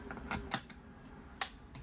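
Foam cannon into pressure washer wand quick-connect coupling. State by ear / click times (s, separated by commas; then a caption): seated / 1.4 s. A foam cannon is pushed onto a pressure washer wand's quick-connect coupling after the 40-degree nozzle tip is removed. A few light taps and rattles are heard, then a sharp click at 1.4 s as the cannon seats onto the wand. No one talks.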